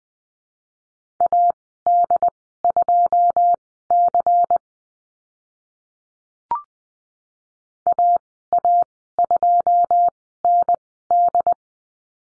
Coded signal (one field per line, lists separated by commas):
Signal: Morse code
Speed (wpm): 20 wpm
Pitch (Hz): 700 Hz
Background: none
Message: AD2C AA2ND